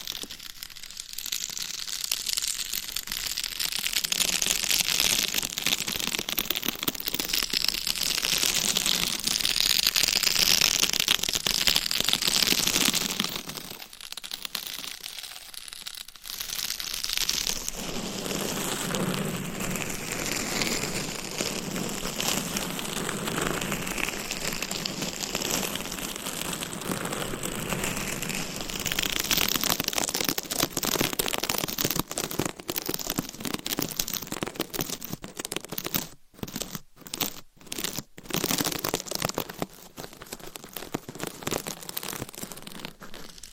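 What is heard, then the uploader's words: Scratching and rubbing on a homemade microphone cover, a dense, crackling rasp with bright hiss that rises and falls in waves. It drops away briefly around 14 to 17 seconds, then returns, and near the end breaks into choppy bursts with short gaps. ASMR Binaural Dummy Head Mic Scratching on DIY Mic Cover.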